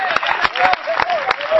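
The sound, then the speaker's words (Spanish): An audience claps and cheers in praise to God in a short, dense burst, sharp handclaps cutting through overlapping voices and a rising, wavering shout. “Dele fuerte ese aplauso al Dios de la gloria, hermano.”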